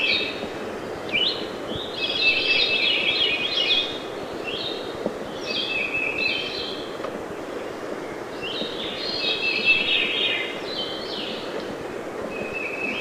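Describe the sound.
Veery giving several swirling, downward-rolling phrases among other high thin notes, over constant background hiss.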